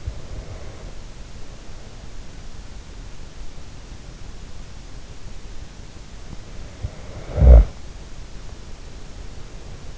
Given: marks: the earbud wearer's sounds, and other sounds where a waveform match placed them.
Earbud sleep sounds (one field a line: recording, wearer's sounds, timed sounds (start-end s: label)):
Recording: sounds in sleep by an in-ear microphone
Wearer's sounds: breath, snoring breath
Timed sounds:
0.00-2.22 s: breath
6.25-8.53 s: snoring breath